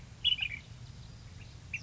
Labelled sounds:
Ash-throated Flycatcher
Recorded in Sonoma County, California

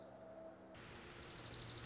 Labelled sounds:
Dark-eyed Junco
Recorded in Sonoma County, California

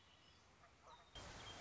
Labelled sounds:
Red-winged Blackbird
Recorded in Sonoma County, California

